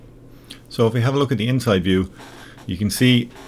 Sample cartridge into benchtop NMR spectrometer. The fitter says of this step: so just line it up with your long slot it in and it will click into place so